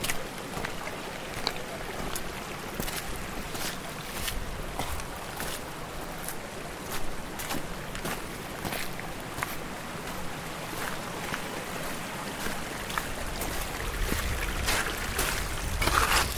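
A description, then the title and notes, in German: Flowing water runs steadily over rocks, a dense, even rush with many small splashes and bright clicks scattered throughout. The sound is fairly full, with a low rumble underneath, and it grows slightly louder and busier near the end. Ein Reich aus Felsen und Wasser – Nordirland. Möchtest du noch ein wenig länger in den Mourne Mountains Nordirlands verweilen, umgeben von den vielfältigen Geräuschen fließenden Wassers? Nur Geräusche, ohne Erzählung, ohne Musik. Aufnahmen und Postproduktion: Erik Lorenz.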